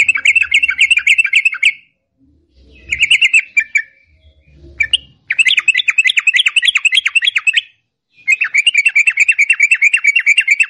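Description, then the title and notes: Yellow-vented bulbul song: rapid bursts of chattering notes of varying length, separated by short pauses, with a faint low rumble in some gaps. Long rapid song style (ropel panjang) used for training songbirds. "Masteran Trucukan Ropel Panjang. Kicau Burung Trucukan"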